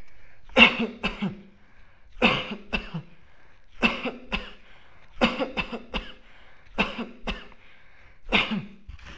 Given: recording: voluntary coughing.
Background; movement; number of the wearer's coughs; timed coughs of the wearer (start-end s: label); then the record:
quiet; sitting; 12
0.54-0.96 s: cough
1.02-1.37 s: cough
2.19-2.65 s: cough
2.71-3.10 s: cough
3.80-4.26 s: cough
4.31-4.67 s: cough
5.19-5.56 s: cough
5.56-5.93 s: cough
5.93-6.19 s: cough
6.76-7.20 s: cough
7.26-7.58 s: cough
8.30-8.74 s: cough
From the record:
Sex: male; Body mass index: 20.6 kg/m2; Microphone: on the chest, facing the body